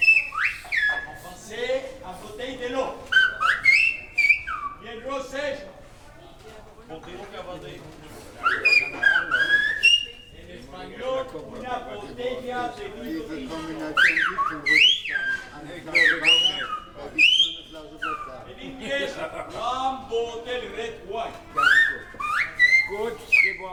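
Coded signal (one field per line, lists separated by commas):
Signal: whistled language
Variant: Silbo Gomero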